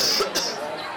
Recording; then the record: coughing mixed with background sound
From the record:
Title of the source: November cold (wet coughing)